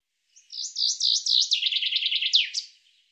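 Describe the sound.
Bird giving a bright, high phrase of slurred notes that speeds into a fast trill and ends with a downward flourish, about two and a half seconds long.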